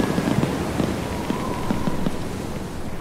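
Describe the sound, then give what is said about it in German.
New Year's fireworks crackling and popping in a steady, irregular stream of sharp bursts over a constant hiss, with a faint whistling tone drifting through the middle; no one speaks. “Das ist nur das Feuerwerk.”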